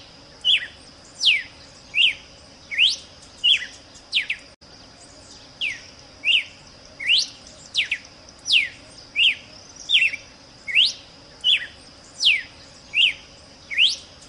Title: Canto Galo Campina Fêmea. GALO de CAMPINA { chamado }